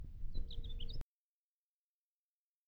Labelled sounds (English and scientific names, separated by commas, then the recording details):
House Finch (Haemorhous mexicanus) song
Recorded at Hewlett Harbor on Long Island, New York, on 10 June 1975
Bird E